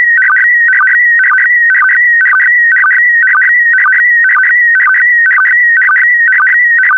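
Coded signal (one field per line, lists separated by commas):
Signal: SSTV (slow-scan television)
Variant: PD120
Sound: steady warbling high tone with a short low chirp about twice a second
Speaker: complete. You can now check your decoded image against the picture that is shown on the video.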